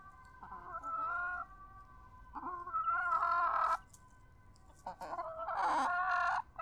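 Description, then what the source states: Chickens cackling in three drawn-out, nasal bursts of clucks, separated by quieter gaps with faint background sound. Domestic hens kept in a garden; one hen is said to be always talking.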